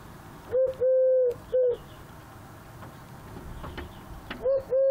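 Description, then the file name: Eurasian collared dove with one full three-syllable coo, short-long-short, followed after a pause by the opening of the next phrase. "Tourterelle Turque Eurasian Collared Dove Chant"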